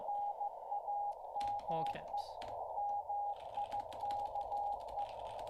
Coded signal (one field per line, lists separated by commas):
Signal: Morse code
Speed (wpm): 14 wpm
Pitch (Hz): 820 Hz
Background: speech, music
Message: NAME MIKE